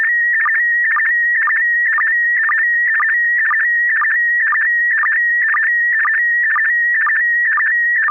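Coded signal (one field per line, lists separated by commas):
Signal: SSTV (slow-scan television)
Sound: steady high whistle with a rhythmic warble and low blip about twice a second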